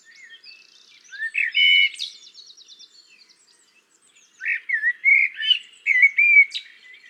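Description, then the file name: Common blackbird song in two phrases: whistled notes running into a high, scratchy twitter, then a second warbled phrase. "Turdus merula"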